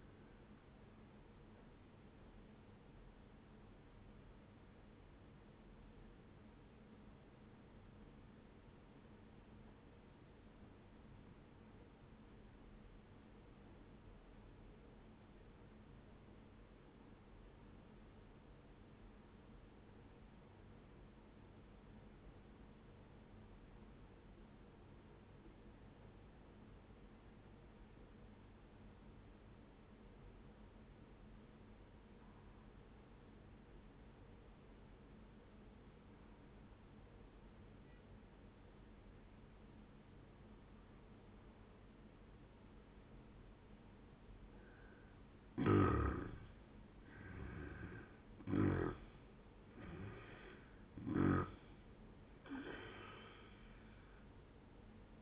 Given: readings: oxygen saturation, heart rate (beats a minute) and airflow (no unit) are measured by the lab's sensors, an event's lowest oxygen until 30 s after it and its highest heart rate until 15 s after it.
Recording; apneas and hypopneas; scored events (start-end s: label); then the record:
breathing in sleep by a voice recorder at the bedside; 1
5.00-45.60 s: obstructive apnea (N1, oxygen 96% highest, then 84% lowest, heart rate 80 at the start, 87 highest)
29.00-55.22 s: new sleep stage, N2 (light sleep)
From the record:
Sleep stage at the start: N1 (lightest sleep); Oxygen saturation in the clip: 82 to 96%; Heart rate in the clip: 68 to 87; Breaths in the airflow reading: 3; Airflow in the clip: -13.0 to 13.6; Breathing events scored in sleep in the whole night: 131 in 7.2 hours asleep